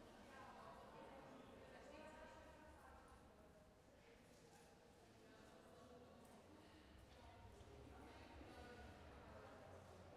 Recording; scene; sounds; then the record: everyday scene through a hearing-aid microphone; reverberant space; background noise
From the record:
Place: railway station hall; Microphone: behind the ear, left, front